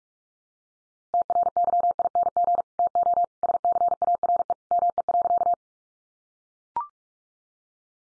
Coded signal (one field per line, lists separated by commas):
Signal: Morse code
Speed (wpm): 44 wpm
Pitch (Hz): 700 Hz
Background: none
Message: TRYING TO SCARE ME.